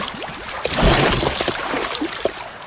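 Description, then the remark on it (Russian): A barrel thrown far into the sea splashes into the water with a broad, noisy burst, followed by sloshing, gurgling and scattered droplets settling over a couple of seconds. “Добежав до берега моря, широко размахнувшись, избушка на курьих ножках бросает бочку далеко в воду.”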